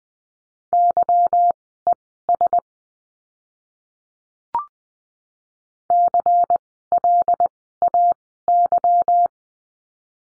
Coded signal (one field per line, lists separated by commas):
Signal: Morse code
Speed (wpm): 20 wpm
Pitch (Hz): 700 Hz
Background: none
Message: YES CLAY